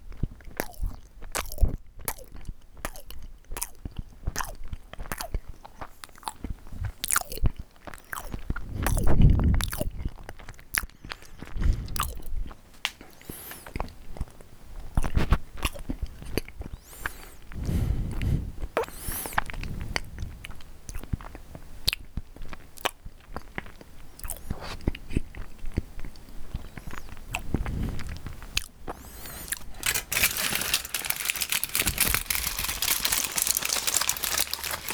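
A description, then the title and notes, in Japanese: Someone eats food with dense, quick crunching bites and chewing throughout, low thumps near 9, 18 and 28 seconds, and a hissy rustle at the end. 食べ物を食べる音。ファンのプレゼントお菓子。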